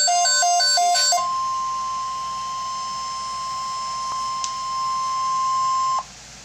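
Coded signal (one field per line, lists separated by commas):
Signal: Emergency Alert System (SAME) tones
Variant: 1050 Hz attention tone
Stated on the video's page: Severe thunderstorm watch expansion alert.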